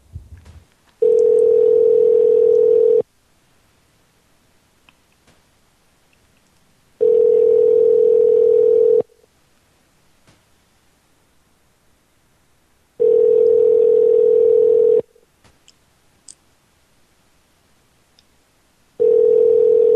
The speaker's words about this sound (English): See if we can hear his phone ringing in the background.